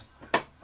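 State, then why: Seated. A concealed cabinet door hinge is clicked onto its mounting plate on the wooden upper cabinet of a Ford Transit camper van. A single sharp, bright snap is heard at 0.3 s against quiet background. The hinge seats into place.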